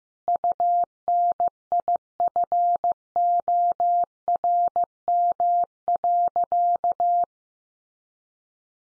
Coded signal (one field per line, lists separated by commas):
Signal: Morse code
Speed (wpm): 15 wpm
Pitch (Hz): 700 Hz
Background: none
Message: UNIFORM.